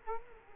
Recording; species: mosquito wingbeat signal from an infrared sensor; Culex quinquefasciatus